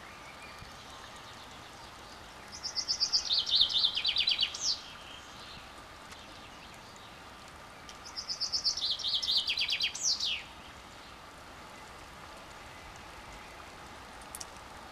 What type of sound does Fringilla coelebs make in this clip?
song